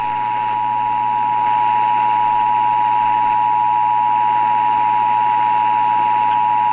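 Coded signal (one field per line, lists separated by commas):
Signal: Emergency Alert System (SAME) tones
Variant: 853 and 960 Hz attention tone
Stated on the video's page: Fictional EAS scenario, simulated tones, not a real alert.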